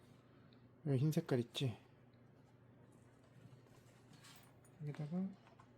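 Someone talks while handling the liner of an Arai Rapide Neo full-face helmet, positioning it at the white fitting at the back of the head in the helmet shell during a disassembly cleaning. A couple of faint, brief ticks sound faintly near 0.5 and 5.6 seconds, but the liner is not yet home and nothing has seated or clicked yet.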